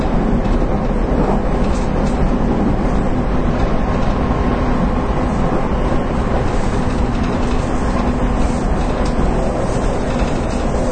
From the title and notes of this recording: JR九州 813系 中津から西小倉まで. 813系電車の走行音. 日豊線の普通列車で収録しました。 ワンマン運行です。 It was recorded with Nippou line's local train.